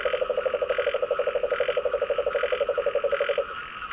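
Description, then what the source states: Frog call: a rapid, even pulsed trill held for about three and a half seconds, then stopping, over a steady pulsing buzz of other callers. Recorded 26 February 2022.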